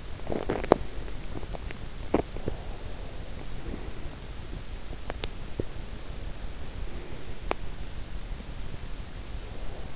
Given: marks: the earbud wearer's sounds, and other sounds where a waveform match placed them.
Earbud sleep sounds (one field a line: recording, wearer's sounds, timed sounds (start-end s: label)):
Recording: sounds in sleep by an in-ear microphone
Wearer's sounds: body movement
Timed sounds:
0.00-2.77 s: body movement